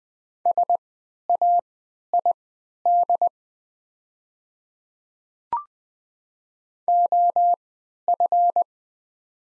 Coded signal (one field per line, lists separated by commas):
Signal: Morse code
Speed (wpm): 20 wpm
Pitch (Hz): 700 Hz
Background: none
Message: SAID OF